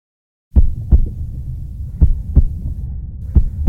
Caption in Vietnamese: Đây là âm thanh của nhịp tim từ một người tài xế xe bus.